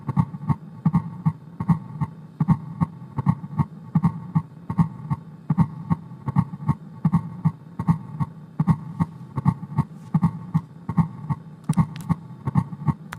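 Steady, regular low-pitched thumps repeat throughout, with an extra soft beat falling just before each first heart sound, giving a three-part galloping cadence: a fourth heart sound (S4 gallop), produced on a heart sound simulator.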